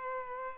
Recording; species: mosquito wingbeat signal from an infrared sensor; Culex pipiens